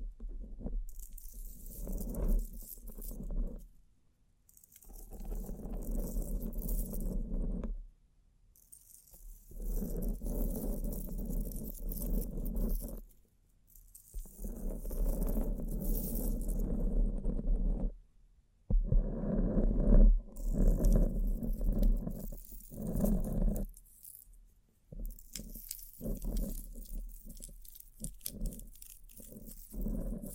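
Bling triggers: bursts of jangling and rattling, like coins or keys shaken and handled, come in stretches of a few seconds separated by short silences. A low rumble sits underneath, and the later passages are louder and choppier, with quick clinks and taps.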